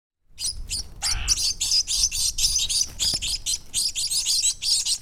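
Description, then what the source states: Bird nestlings chirping in a dense, overlapping chorus of high, rapid tweets, with a brief lower squeak near the start and low wind rumble underneath. Nestlings chirping in the nest, wind in the background.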